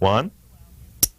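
Someone talks briefly, then the steel hammer of a single-action revolver is pulled back to its second click at 1.0 s with a sharp, short metallic snap. The hammer locks at half-cock, which frees the cylinder to rotate.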